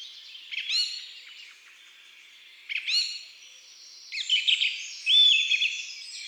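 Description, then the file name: Song thrush delivering a stacked, ringing phrase twice about two seconds apart, then a burst of twittering. Woodland and forest birds. "Grive musicienne Chants doiseaux des bois et des forets"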